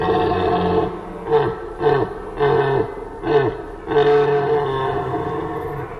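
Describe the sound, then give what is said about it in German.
A stag's roar imitated on a triton shell horn, playing a younger stag searching for a hind and ready for a small fight: a low, buzzy, harmonic-rich drone broken by four or five rhythmic grunting bursts, then swelling into one long sustained bellow. “Ich mache also den jüngeren Hirsch, der nach einem Tier sucht und einer kleinen Rauferei nicht abgeneigt ist.”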